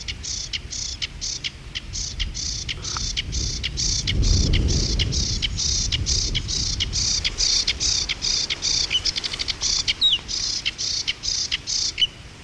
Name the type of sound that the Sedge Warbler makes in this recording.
song